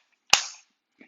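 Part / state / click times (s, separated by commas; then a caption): plastic outer cover onto a roof rack clamp foot / seated / 0.3 s. The plastic outer cover of a Thule Evo Clamp roof rack foot, part of a WingBar Evo crossbar setup on a 2019+ Volkswagen Arteon, is pressed onto the foot on the car roof. A single sharp, loud snap at 0.3 s rings out briefly and decays over about a quarter second, followed by a faint soft tick near 1.0 s. The cover snaps into place.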